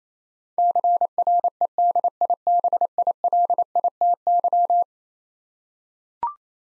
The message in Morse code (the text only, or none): CREDIBILITY